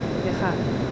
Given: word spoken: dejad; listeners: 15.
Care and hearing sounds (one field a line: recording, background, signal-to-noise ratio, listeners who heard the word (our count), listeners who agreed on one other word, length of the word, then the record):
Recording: one Spanish word in noise, from a listening test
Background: speech-shaped noise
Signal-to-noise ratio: -4.2 dB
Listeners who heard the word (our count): 0 of 15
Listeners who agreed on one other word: 12 of 15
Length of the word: 0.51 s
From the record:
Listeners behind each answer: 12, 2, 1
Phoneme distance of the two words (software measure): 10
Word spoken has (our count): 2 syllables, 5 phonemes, stress on syllable 2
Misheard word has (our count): 2 syllables, 5 phonemes, stress on syllable 2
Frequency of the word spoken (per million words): 0.97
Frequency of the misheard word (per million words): 147.47